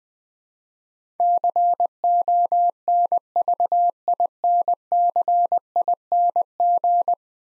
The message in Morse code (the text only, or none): CONVINCING